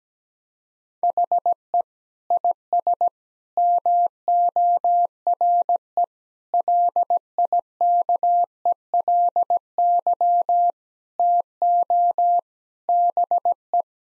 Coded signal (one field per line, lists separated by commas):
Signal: Morse code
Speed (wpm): 17 wpm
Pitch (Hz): 700 Hz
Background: none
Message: HE IS MORE LIKELY TO BE